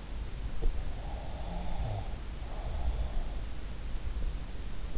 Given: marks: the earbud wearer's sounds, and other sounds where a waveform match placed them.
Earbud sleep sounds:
sounds in sleep by an in-ear microphone; snoring breath
0.47-3.23 s: snoring breath

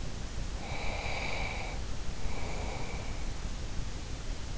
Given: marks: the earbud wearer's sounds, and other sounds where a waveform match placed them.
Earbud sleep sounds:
sounds in sleep by an in-ear microphone; breath
0.51-3.29 s: breath

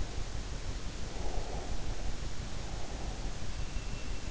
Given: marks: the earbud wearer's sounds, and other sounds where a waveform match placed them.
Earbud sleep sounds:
sounds in sleep by an in-ear microphone; breath
1.11-3.41 s: breath

